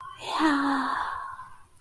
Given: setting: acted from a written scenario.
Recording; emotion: vocal sound without words; elation